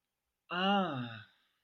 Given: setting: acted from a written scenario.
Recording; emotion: vocal sound without words; shame